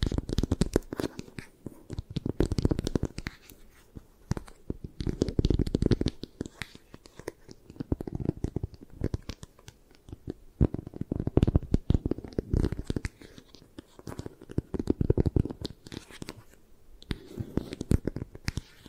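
Dense, rapid tapping and scratching sounds crackle continuously, with louder low, thumping bursts returning every few seconds throughout the eye massage.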